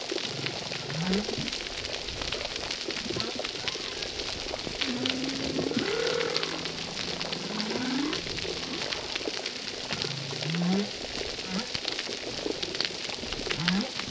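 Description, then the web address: Humpback whale song: a few short rising upsweeps, a brief higher whoop near six seconds and a long steady low tone, over constant crackling snapping noise. Humpback whales at a reef; audio filtered. "RECIFS Recif 10 Humpback Whales audio. filtre"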